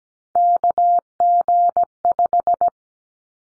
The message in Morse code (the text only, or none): KG5